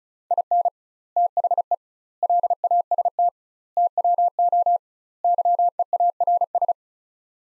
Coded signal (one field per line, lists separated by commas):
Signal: Morse code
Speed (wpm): 36 wpm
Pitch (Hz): 700 Hz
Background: none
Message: IN THE LAST TWO YEARS